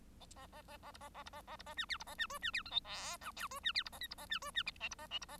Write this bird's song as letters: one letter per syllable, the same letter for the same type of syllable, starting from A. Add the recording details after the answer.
A A A A B A A B A A B A C D B A C E C D F G H I J E C D B A K B A C E C L B A L B A. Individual Bird1